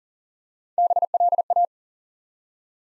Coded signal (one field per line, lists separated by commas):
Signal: Morse code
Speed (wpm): 40 wpm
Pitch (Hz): 700 Hz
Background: none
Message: BLA